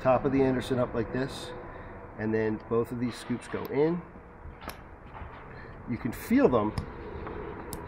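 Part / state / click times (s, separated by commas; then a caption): crimped power contacts into a plastic connector housing / seated / 7.3 s, 7.7 s. Two crimped metal power contacts for an E-BikeKit power cable are pushed scoop side down into a plastic Anderson Powerpole connector housing while someone talks. The contacts snap over the internal metal spring with two short clicks at 7.3 and 7.7 seconds. Both contacts are then seated.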